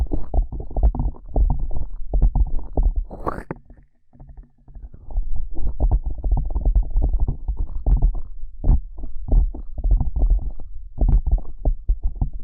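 Ear cupping makes dense, muffled rubbing and soft thumping, heavy in the low end and rarely bright. The patting runs fast and irregular throughout, with one brief brighter swish around three seconds, then a short near-silent gap before the rubbing resumes.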